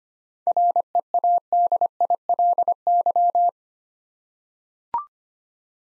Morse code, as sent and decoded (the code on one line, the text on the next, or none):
.-. . .- -.. .. .-.. -.--
READILY